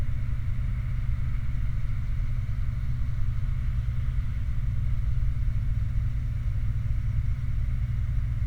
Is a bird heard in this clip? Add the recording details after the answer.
no. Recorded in the Prudhoe Bay oil fields, Alaska, on 29 July 2019 at 00:32. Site 29